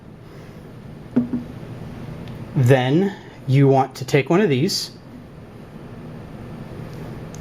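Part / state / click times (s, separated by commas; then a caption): magnet sphere cluster folding into triangle on magnet octahedron / seated / 1.2 s. Someone presses down on the ends of a cluster of small spherical neodymium Zen Magnets until it snaps down into a triangle on the end of a magnet octahedron. A sharp snap is heard at 1.2 s, and afterward someone talks. The cluster seats into the triangle.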